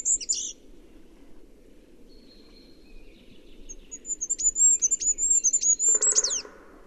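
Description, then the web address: Bird calls: a few high squeaky notes open, then after a pause a fast run of thin, very high twitters and a short harsh buzz, over a low hum. "Bird Only"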